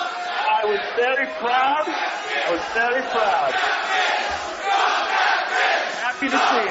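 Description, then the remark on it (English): A large crowd shouts and jeers together in disapproval, a loud, sustained wall of overlapping voices that holds steady for several seconds with no pauses. “Hear what the crowd says. They do not approve.”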